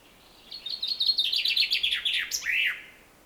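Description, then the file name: Common chaffinch singing one phrase: a run of rapid chipping notes tumbling downward, capped by a slurred rising-falling flourish. "Fringilla coelebs"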